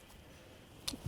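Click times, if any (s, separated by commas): 0.9 s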